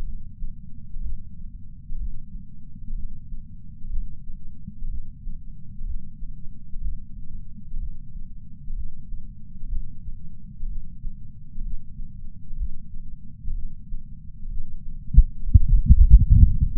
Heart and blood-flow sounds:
heart sounds by patch sensor on the chest; 62 bpm
0.03 s: heartbeat
1.00 s: heartbeat
1.96 s: heartbeat
2.93 s: heartbeat
3.89 s: heartbeat
4.88 s: heartbeat
5.84 s: heartbeat
6.80 s: heartbeat
7.77 s: heartbeat
8.73 s: heartbeat
9.67 s: heartbeat
10.66 s: heartbeat
11.61 s: heartbeat
12.55 s: heartbeat
13.46 s: heartbeat
14.48 s: heartbeat
15.42 s: heartbeat
16.40 s: heartbeat
From the record:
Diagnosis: coronary artery disease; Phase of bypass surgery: postoperative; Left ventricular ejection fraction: 68.2%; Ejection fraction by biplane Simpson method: 62.7%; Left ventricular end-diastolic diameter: 48 mm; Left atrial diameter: 40 mm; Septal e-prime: 8.6 cm/s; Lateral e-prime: 10.2 cm/s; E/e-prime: 10.9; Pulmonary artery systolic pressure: 38 mmHg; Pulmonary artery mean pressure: 18 mmHg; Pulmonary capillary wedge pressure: 11 mmHg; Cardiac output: 6.45 L/min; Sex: male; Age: 57 years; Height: 175 cm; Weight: 80 kg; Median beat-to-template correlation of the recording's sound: 0.76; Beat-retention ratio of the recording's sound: 0.99

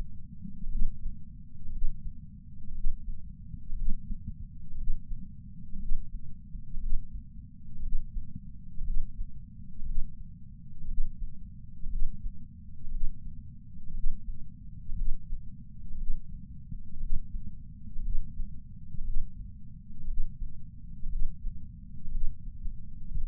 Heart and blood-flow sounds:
heart sounds by patch sensor on the chest; 61 bpm
0.68 s: heartbeat
1.70 s: heartbeat
2.72 s: heartbeat
3.74 s: heartbeat
4.75 s: heartbeat
5.77 s: heartbeat
6.78 s: heartbeat
7.80 s: heartbeat
8.82 s: heartbeat
9.84 s: heartbeat
10.86 s: heartbeat
11.87 s: heartbeat
12.89 s: heartbeat
13.92 s: heartbeat
14.93 s: heartbeat
15.96 s: heartbeat
16.98 s: heartbeat
18.00 s: heartbeat
19.02 s: heartbeat
20.05 s: heartbeat
21.07 s: heartbeat
22.09 s: heartbeat
22.56 s: heartbeat
23.16 s: heartbeat
From the record:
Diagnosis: coronary artery disease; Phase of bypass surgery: preoperative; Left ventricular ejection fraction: 61.1%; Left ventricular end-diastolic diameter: 60 mm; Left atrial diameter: 40 mm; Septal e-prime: 7.9 cm/s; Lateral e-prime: 9.6 cm/s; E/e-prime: 7.5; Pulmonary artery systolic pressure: 34 mmHg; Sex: male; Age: 65 years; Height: 168 cm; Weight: 73 kg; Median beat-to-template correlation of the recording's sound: 0.92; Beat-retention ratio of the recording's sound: 1.00

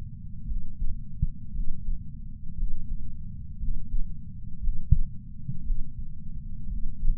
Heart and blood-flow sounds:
heart sounds by patch sensor on the chest; 58 bpm
0.45 s: heartbeat
1.51 s: heartbeat
2.54 s: heartbeat
3.57 s: heartbeat
4.59 s: heartbeat
5.62 s: heartbeat
6.66 s: heartbeat
From the record:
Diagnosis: coronary artery disease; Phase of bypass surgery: postoperative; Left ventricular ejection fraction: 61.7%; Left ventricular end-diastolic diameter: 51 mm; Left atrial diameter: 37 mm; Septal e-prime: 6.5 cm/s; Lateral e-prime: 9.2 cm/s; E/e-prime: 11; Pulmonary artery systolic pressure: 22 mmHg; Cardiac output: 4.8 L/min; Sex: male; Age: 59 years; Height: 168 cm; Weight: 81 kg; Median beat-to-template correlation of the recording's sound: 0.85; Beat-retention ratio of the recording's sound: 1.00

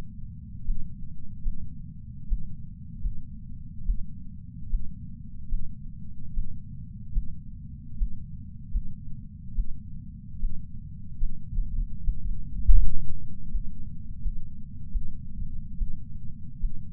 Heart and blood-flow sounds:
heart sounds by patch sensor on the chest; 75 bpm
0.65 s: heartbeat
1.43 s: heartbeat
2.28 s: heartbeat
3.01 s: heartbeat
3.85 s: heartbeat
4.70 s: heartbeat
5.49 s: heartbeat
6.34 s: heartbeat
7.12 s: heartbeat
7.97 s: heartbeat
8.71 s: heartbeat
9.55 s: heartbeat
10.40 s: heartbeat
11.18 s: heartbeat
12.04 s: heartbeat
12.77 s: heartbeat
13.51 s: heartbeat
14.22 s: heartbeat
14.92 s: heartbeat
15.78 s: heartbeat
16.60 s: heartbeat
From the record:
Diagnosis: coronary artery disease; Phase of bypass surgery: preoperative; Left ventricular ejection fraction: 64%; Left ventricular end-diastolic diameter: 54 mm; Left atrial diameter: 40 mm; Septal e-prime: 6.2 cm/s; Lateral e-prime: 8 cm/s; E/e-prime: 10.7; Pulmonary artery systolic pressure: 24 mmHg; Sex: male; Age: 75 years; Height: 178 cm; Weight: 85 kg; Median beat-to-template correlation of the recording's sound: 0.83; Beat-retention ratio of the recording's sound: 0.94

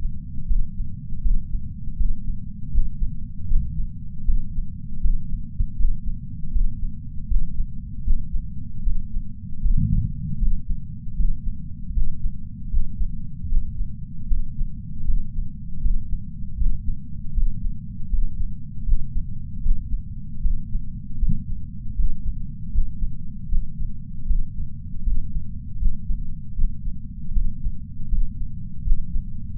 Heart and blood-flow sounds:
heart sounds by patch sensor on the chest; 78 bpm
0.47 s: heartbeat
1.22 s: heartbeat
1.97 s: heartbeat
2.71 s: heartbeat
3.48 s: heartbeat
4.25 s: heartbeat
5.01 s: heartbeat
5.76 s: heartbeat
6.51 s: heartbeat
7.27 s: heartbeat
8.04 s: heartbeat
8.83 s: heartbeat
9.61 s: heartbeat
10.38 s: heartbeat
11.16 s: heartbeat
11.93 s: heartbeat
12.70 s: heartbeat
13.48 s: heartbeat
14.27 s: heartbeat
15.05 s: heartbeat
15.81 s: heartbeat
16.57 s: heartbeat
17.33 s: heartbeat
18.09 s: heartbeat
18.85 s: heartbeat
19.62 s: heartbeat
20.41 s: heartbeat
21.19 s: heartbeat
21.95 s: heartbeat
22.72 s: heartbeat
23.48 s: heartbeat
24.26 s: heartbeat
25.03 s: heartbeat
25.79 s: heartbeat
26.55 s: heartbeat
27.33 s: heartbeat
28.09 s: heartbeat
28.84 s: heartbeat
From the record:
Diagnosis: coronary artery disease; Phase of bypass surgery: intraoperative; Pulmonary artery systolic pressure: 21 mmHg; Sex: male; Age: 60 years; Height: 180 cm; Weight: 100 kg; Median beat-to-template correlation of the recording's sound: 0.80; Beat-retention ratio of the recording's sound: 1.00

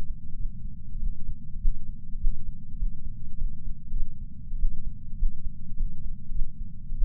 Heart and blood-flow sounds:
heart sounds by patch sensor on the chest; 100 bpm
0.35 s: heartbeat
1.00 s: heartbeat
1.60 s: heartbeat
2.19 s: heartbeat
2.78 s: heartbeat
3.38 s: heartbeat
3.91 s: heartbeat
4.57 s: heartbeat
5.17 s: heartbeat
5.77 s: heartbeat
6.31 s: heartbeat
6.96 s: heartbeat
From the record:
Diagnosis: coronary artery disease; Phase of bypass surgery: postoperative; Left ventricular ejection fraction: 34.1%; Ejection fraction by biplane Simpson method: 29.5%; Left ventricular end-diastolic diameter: 66 mm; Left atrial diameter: 43 mm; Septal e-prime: 4.6 cm/s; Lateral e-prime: 6.7 cm/s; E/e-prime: 15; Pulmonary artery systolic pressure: 38 mmHg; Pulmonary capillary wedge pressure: 9 mmHg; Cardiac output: 3.4 L/min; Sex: male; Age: 47 years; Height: 180 cm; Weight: 90 kg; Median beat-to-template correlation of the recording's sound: 0.83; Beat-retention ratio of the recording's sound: 0.99

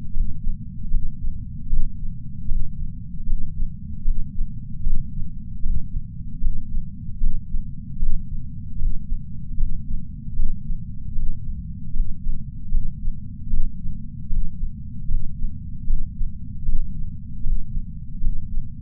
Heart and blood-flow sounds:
heart sounds by patch sensor on the chest; 76 bpm
0.14 s: heartbeat
0.91 s: heartbeat
1.70 s: heartbeat
2.49 s: heartbeat
3.27 s: heartbeat
4.05 s: heartbeat
4.84 s: heartbeat
5.63 s: heartbeat
6.41 s: heartbeat
7.21 s: heartbeat
8.00 s: heartbeat
8.79 s: heartbeat
9.58 s: heartbeat
10.37 s: heartbeat
11.16 s: heartbeat
11.94 s: heartbeat
12.72 s: heartbeat
13.51 s: heartbeat
14.30 s: heartbeat
15.08 s: heartbeat
15.87 s: heartbeat
16.66 s: heartbeat
17.44 s: heartbeat
18.21 s: heartbeat
From the record:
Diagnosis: coronary artery disease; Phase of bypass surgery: postoperative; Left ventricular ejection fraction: 43.8%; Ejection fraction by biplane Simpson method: 45%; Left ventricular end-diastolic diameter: 59 mm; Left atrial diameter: 36 mm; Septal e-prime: 6.9 cm/s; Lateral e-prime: 6.4 cm/s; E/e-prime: 9.2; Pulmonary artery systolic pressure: 22 mmHg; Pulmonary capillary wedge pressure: 19 mmHg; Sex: male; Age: 57 years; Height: 183 cm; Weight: 85 kg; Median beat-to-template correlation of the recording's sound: 0.89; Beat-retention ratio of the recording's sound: 0.99

